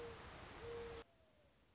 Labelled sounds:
Mourning Dove
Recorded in Sonoma County, California

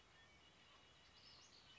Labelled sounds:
Western Flycatcher
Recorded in Sonoma County, California

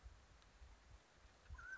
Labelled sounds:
Mountain Quail
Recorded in Sonoma County, California

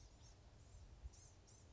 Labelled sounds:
Blue-gray Gnatcatcher
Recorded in Sonoma County, California

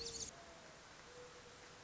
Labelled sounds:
Mourning Dove
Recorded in Sonoma County, California

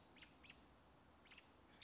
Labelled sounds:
American Robin
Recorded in Sonoma County, California

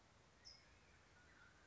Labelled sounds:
California Towhee
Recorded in Sonoma County, California

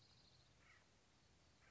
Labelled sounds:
Acorn Woodpecker
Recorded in Sonoma County, California

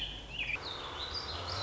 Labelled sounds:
Warbling Vireo
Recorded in Sonoma County, California

